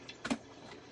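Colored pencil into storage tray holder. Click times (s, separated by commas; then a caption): 0.3 s. A colored pencil is pressed into its slot in a plastic storage tray holder and snaps into place with a sharp click at 0.3 s, which shows it has seated. Fainter ticks come around 0.1 s and 0.9 s against a quiet background.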